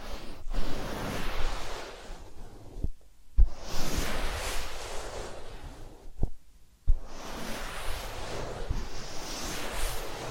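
Ear massage sounds: dense, soft rubbing and rustling that rises and falls in long swishing strokes, like surf. The rubbing breaks off twice, near three and six seconds, with sharp taps and clicks at the edges of each pause before resuming.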